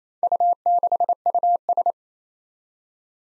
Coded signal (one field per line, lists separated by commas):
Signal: Morse code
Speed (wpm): 28 wpm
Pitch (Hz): 700 Hz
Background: none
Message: U6US